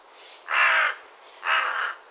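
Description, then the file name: Carrion crow giving two harsh, hoarse caws about a second apart, each lasting under half a second, over a faint steady high-pitched hum. "Corvus corone"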